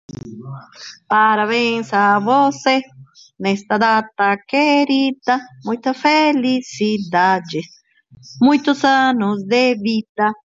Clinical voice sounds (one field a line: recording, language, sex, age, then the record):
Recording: short text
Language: Brazilian Portuguese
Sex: female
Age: 50 to 59 years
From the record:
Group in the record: control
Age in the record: 59 years